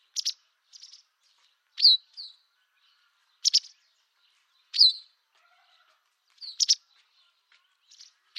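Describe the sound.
White wagtail calls, sharp high chirps repeated at irregular intervals against a quiet background.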